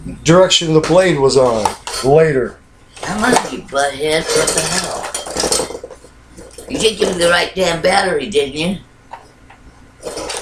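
Someone handles a rechargeable battery pack for a cordless lawnmower, after complaining about being given the wrong battery. People talk throughout, with brief handling knocks around 5.2, 5.5, 9.1 and 9.5 seconds. Nothing has seated or clicked into the mower yet.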